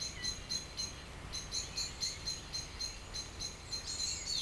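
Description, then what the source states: Birds singing, a steady run of bright high chirps repeated about four per second, ending in a brief squeaky flourish. Evening village birds in Tregastel bourg, Pleumeur-Bodou, France; around 8 pm, humid weather, April 2019; recorded with MKH 8040 ORTF pair, Rycote, Zoom H5.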